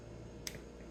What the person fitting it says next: and there you go you heard a click and it's going to pop up on the side and you can remove it